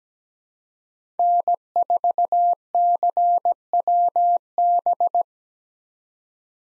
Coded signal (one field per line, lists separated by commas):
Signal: Morse code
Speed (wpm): 17 wpm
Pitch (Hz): 700 Hz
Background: none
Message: N4CWB